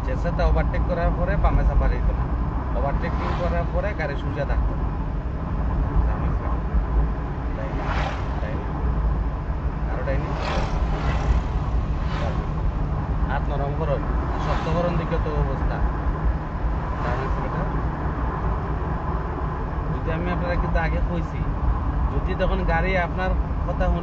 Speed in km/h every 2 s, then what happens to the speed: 32, 35, 37, 38, 41, 42, 44, 45, 46, 47, 48, 49.
0-13 speeds up to 45. 13-24 steady at about 47.